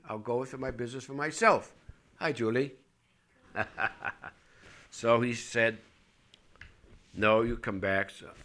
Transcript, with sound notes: I'll go into business for myself." Hi, Julie. ( he laughs ) So he said, "No, you come back."